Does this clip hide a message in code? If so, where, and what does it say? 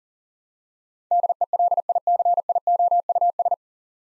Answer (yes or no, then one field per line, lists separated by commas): yes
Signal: Morse code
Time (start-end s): 1.1-3.5 s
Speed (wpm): 40 wpm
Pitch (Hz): 700 Hz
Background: none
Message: DELICIOUS